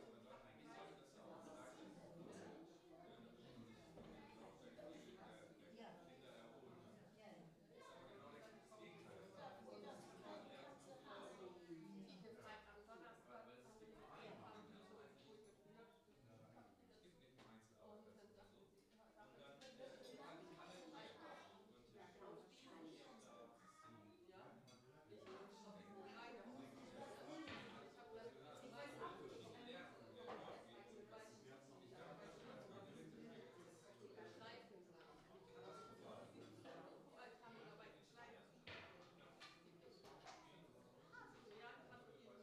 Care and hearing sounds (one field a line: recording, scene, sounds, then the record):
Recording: everyday scene through a hearing-aid microphone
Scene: many people talking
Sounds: many voices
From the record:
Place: parish hall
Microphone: in the ear canal, left